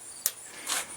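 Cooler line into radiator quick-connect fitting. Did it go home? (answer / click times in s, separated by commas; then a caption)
yes / 0.3 s. A transmission/oil cooler line is pushed into its quick-connect fitting on the radiator of an S10. A single sharp click at 0.3 s marks the connector snapping together and seating, followed by a softer, broader hiss-like rustle around 0.7 s.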